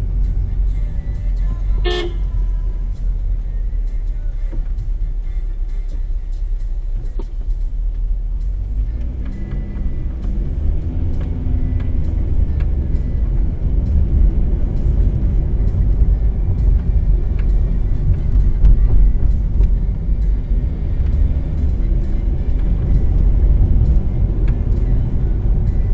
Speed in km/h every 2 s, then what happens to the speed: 12, 8, 5, 6, 8, 17, 29, 38, 38, 35, 28, 35, 42.
0-3 slows to 5. 3-14 speeds up to 38. 17-20 slows to 28. 20-26 speeds up to 42.